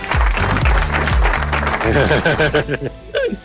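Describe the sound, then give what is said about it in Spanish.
Steady applause, a dense crackle of many hands clapping, runs under people talking, with a few low thumps early on before the clapping thins toward the end. “¿No hay aplausos para mí?”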